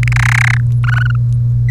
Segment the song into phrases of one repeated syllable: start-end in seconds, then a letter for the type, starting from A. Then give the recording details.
0.03-0.08 A, 0.12-0.60 B, 0.84-1.16 C. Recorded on 1 May 2018 at 05:49. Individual llb3